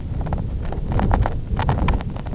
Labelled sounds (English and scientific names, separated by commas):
none